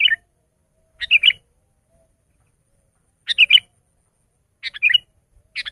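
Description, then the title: Sooty-headed bulbul singing short bubbly phrases of two or three notes, repeated every few seconds. "kutilang"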